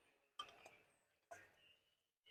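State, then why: Not seated. A new oil filter element is handled over the cleaned oil filter housing cup of a BMW M engine during its break-in service. Two sharp knocks of handling come at about 0.4 s and 1.3 s, with a short knock at the very end. Nothing has seated or clicked yet.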